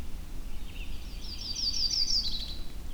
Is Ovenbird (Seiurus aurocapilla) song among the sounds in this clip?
no